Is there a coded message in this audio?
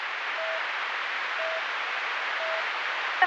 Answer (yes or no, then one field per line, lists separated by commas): no